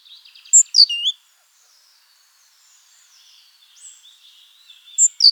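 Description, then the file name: Great tit calls: a short buzzy rattle of rapid high notes, then a few loud sharp chirps, followed by faint high twittering and more sharp chirps at the end. "Parus major"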